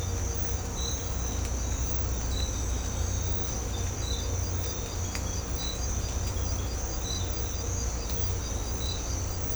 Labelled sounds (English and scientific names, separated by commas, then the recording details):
none
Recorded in secondary vegetation near Puerto Asís, Putumayo, Colombia, on 18 December 2024 at 06:00
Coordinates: 0.502, -76.326
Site G028